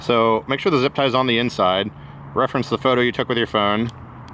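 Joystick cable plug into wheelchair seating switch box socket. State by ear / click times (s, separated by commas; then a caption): not seated / none. Someone talks while handling the joystick wiring plug of a Permobil ICS wheelchair seating switch box, about to push it back into its socket. Only speech and quiet background are heard, with no distinct click. Nothing has seated or clicked yet.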